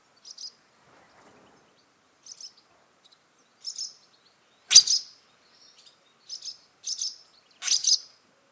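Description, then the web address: Bird chirps, short high notes in separate bursts every second or so, with quiet gaps between and one loud sharp call midway. "Bird Only"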